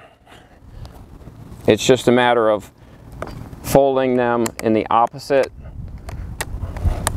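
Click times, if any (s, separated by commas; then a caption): 6.4 s, 7.1 s. Someone talks while interlocking plastic drain tiles under artificial turf are folded in the opposite direction to unhook them, with soft outdoor background noise. Sharp clicks at 6.4 s and 7.1 s are the plastic hooks popping out of the neighbouring tiles' receivers, and the tiles come open.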